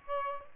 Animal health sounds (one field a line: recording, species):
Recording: mosquito wingbeat signal from an infrared sensor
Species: Aedes aegypti